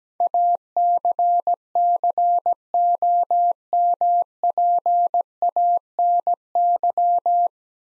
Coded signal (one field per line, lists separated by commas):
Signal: Morse code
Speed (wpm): 17 wpm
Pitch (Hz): 700 Hz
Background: none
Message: ACCOMPANY